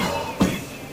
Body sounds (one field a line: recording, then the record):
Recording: coughing mixed with background sound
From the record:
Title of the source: Spring Allergy Coughing